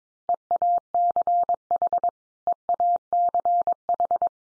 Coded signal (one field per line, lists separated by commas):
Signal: Morse code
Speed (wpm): 22 wpm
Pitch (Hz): 700 Hz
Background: none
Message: EACH EACH